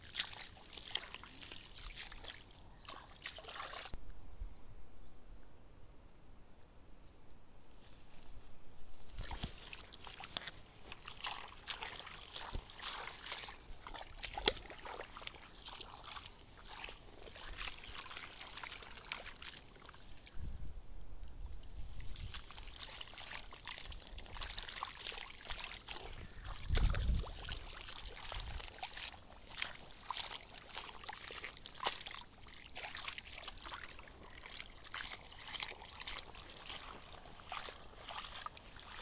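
Hand weeding in a flooded rice paddy: irregular splashing and sloshing as hands work through water and mud. The splashes come in dense bursts, with quieter pauses around 4 to 9 seconds and again near 21 seconds, and a faint steady hiss underneath.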